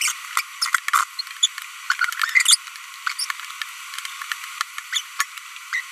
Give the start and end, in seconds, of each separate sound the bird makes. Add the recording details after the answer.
0.01-0.11, 0.37-0.40, 0.62-0.69, 0.88-1.04, 1.19-1.21, 1.43-1.46, 1.90-1.92, 2.35-2.55, 3.19-3.24, 4.93-5.00, 5.73-5.80. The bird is a female. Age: 25 days. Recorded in a nest box in Venezuela. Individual 17B42B1